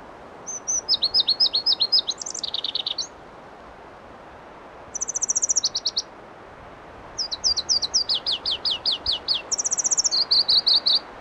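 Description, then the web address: Pallas's leaf warbler song: very high, fast phrases of repeated chips and rolling trills, each phrase changing note type, broken by short pauses between bursts. Listvyanka, 25 June 2012. "25 2012 Phproregulus Listvyanka"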